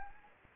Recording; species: mosquito wingbeat signal from an infrared sensor; Anopheles arabiensis